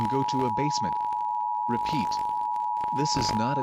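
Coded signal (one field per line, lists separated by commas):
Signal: Emergency Alert System (SAME) tones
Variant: 853 and 960 Hz attention tone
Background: speech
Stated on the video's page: EAS parody, not a real alert.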